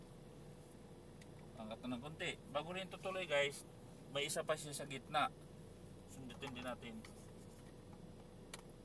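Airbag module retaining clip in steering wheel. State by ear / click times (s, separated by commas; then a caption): released / 8.5 s. Someone talks while poking the middle release point of the airbag module in a Toyota Vios steering wheel to free the next spring retaining clip. A sharp click at 8.5 seconds marks the second airbag clip snapping open and releasing.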